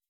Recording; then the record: hydrophone in a shrimp aquaculture tank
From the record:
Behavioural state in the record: weakened